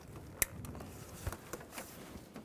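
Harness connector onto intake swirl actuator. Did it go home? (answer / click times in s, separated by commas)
yes / 0.4 s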